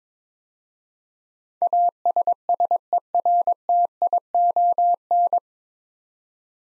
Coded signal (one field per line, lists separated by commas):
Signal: Morse code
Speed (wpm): 21 wpm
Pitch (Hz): 700 Hz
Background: none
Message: ASSERTION